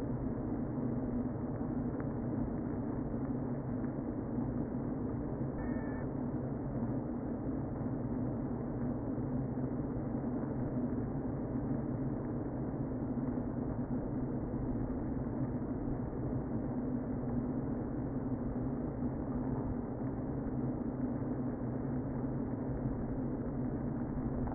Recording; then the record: honeybee colony, microphone inside the hive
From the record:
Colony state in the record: queen present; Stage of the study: before two queens were removed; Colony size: about 60,000 bees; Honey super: yes